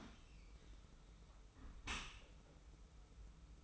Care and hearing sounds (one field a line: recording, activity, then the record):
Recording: daily activity, microphone in the room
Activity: close dishwasher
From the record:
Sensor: 1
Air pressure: 991.4 hPa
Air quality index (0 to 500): 123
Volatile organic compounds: 255 ppm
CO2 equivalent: 4374 ppm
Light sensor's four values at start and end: 41/127/50/52 and 41/127/50/52